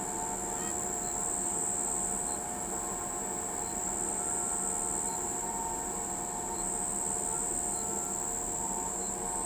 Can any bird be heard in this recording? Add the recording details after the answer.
no. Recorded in pastures near Pivijay, Magdalena, Colombia, on 16 April 2023 at 04:00. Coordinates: 10.456, -74.369. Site P6-G026